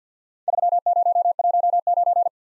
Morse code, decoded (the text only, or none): 3019